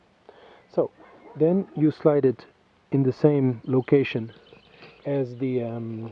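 Someone talks while a COBI.BIKE smartphone/head unit is handled and lined up to slide into its plastic handlebar mount cradle on a bike. The part has not seated or snapped into place yet; nothing has clicked in this clip.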